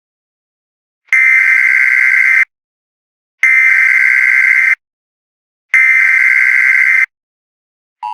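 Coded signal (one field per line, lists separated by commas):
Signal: Emergency Alert System (SAME) tones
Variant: header bursts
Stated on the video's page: Fictional EAS scenario recreation of an EF6 tornado warning.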